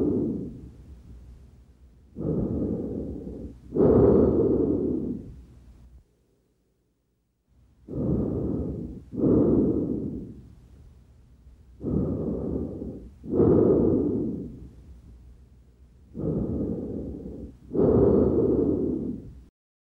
Normal tracheal sound.